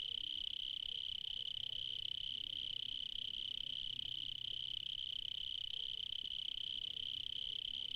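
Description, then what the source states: Cricket song, a continuous high shrill trill held steady throughout, with faint low rumble beneath. Recorded in the evening in Spain.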